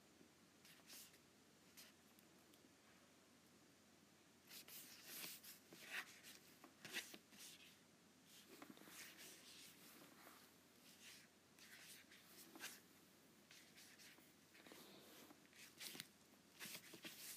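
An Apple Pencil moves across an iPad screen in short strokes and taps, quiet and scratchy at first. From about four seconds on the strokes grow busier and louder, with sharp clicks near six and seven seconds. Uneven bursts continue to the end over a faint low hum.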